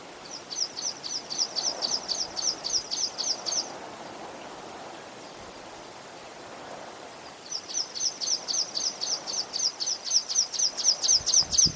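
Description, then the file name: Water pipit producing two bursts of quick, evenly spaced high chirps separated by a few seconds of quiet, with soft low background noise. "Spioncello"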